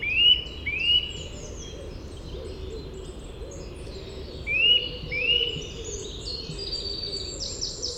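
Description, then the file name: Eurasian nuthatch calling in two pairs of short rising whistles, with many high twittering notes of other small birds throughout. "Sitta europaea"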